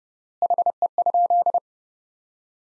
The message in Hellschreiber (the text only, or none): none